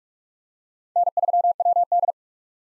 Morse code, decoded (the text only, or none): N3WD